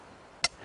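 The plastic male end of the belt buckle on a Tasmanian Tiger Mission Pack backpack is pushed into the female end. A single short, springy snap lands at 0.4 s, bright across the upper frequencies, over a quiet, faint background. The buckle halves are joined and seated.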